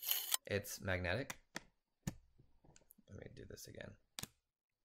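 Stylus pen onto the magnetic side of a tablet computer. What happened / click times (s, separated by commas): The magnetic stylus snapped onto the tablet's side / 4.2 s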